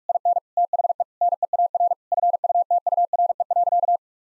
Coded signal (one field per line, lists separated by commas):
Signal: Morse code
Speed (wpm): 46 wpm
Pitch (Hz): 700 Hz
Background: none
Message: IN THE NEAR FUTURE.